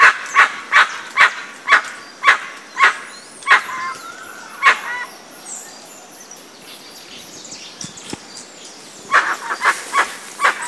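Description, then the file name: Dusky-legged guan giving a series of loud, harsh barking honks, a pause with faint high bird notes, then another burst of honks. Recorded in Itatiaia National Park, Rio de Janeiro state, Brazil, on 8 January 2014. "Penelope-obscura-PNItatiaia RJ-BR. ASilveira"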